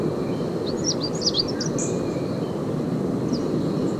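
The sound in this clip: American redstart uttering a brief run of high, slurred chip notes in the first two seconds, then one more note, over a low rushing background.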